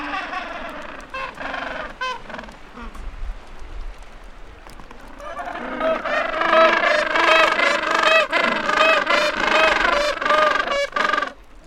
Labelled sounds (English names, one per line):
Gentoo Penguin call